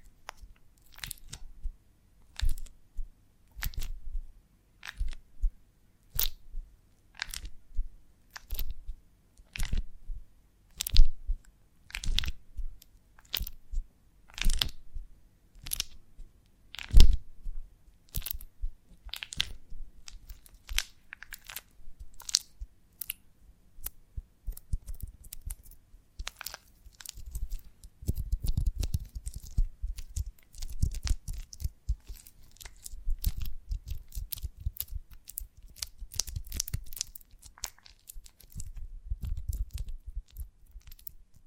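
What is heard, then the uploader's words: Sharp, dry crunches break from a honeycomb on a branch, one every second or so through the first half, each a short crackly snap. After about twenty-five seconds the breaking grows denser and messier, with overlapping crackles, soft sticky tearing and a low thumping underneath. ASMR of a Honeycomb on Branch (No Talking).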